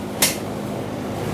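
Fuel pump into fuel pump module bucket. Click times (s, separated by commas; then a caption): 0.2 s. A fuel pump for a 2008-2010 Ford F-250 with the 5.4L engine is slid down into its plastic fuel pump module bucket and clicks into place at 0.2 s, a sharp, bright snap over a steady low background hum. A second, shorter tick follows at 1.4 s, and the pump is seated.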